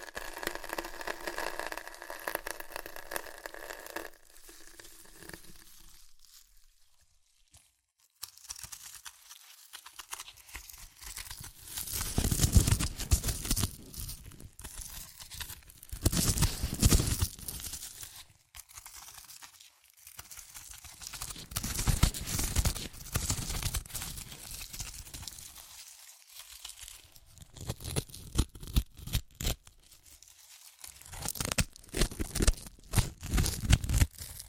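Chips crunched and crushed in bursts of dense, crackly crinkling, with loud rough stretches around 12 to 18 seconds and again near 22 and 31 seconds. Quiet pauses separate the bursts. The opening seconds carry a softer, steadier tonal rustle before the crunching begins.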